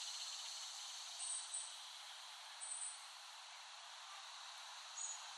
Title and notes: Dronecast No. 021: The Cicadas of Summer. Recording of cicadas made by Dan Bodah in West Brighton, Staten Island, late summer 2008